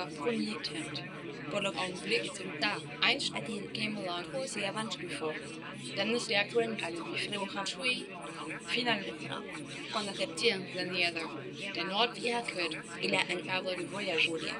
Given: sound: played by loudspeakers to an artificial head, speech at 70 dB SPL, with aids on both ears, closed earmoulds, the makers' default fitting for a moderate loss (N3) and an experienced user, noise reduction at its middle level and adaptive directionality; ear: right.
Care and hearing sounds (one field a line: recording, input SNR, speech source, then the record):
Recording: speech test signal (ISTS) in cocktail-party noise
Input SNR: -3 dB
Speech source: on the right (90 degrees)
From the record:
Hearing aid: class 2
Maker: C